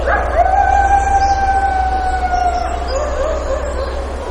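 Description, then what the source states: Coyote howl held as a long, even tone with clear overtones for about two and a half seconds, then trailing off into fainter wavering notes above a steady low hum. Recorded at Lake Clark, Alaska, on 3 July 2018 at about 06:06.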